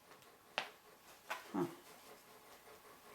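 Plastic snap halves on the wings of a folded reusable cloth pad are pressed together, giving a sharp tick at about 0.6 s, another at about 1.3 s and a duller thud near 1.6 s, followed by a brief spoken reaction. The snap has not closed yet.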